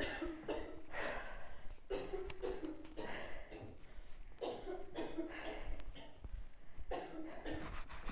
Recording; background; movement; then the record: deep breathing; a bystander coughing; walking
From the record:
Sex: female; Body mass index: 22.6 kg/m2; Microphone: on the chest, facing outward